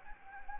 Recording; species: mosquito wingbeat signal from an infrared sensor; Anopheles gambiae